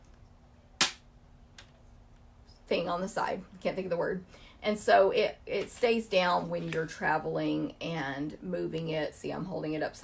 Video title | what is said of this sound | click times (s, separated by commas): Facebook Live News & Stamping November 2019: Christmastime is Here Suite | log like you wouldn't want to throw this on the ground and expect it to stay locked but it does snap into this little thing | 1.6 s